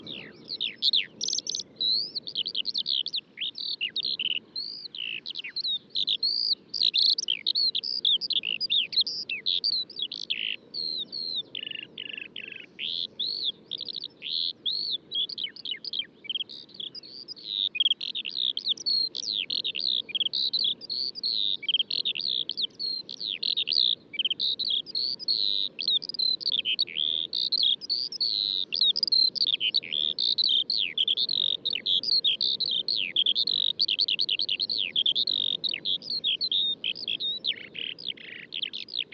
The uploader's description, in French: lever du jour à l'écoute des oiseaux au col du Granon (2400 m altitude) dans les Hautes Alpes au-dessus de Briançon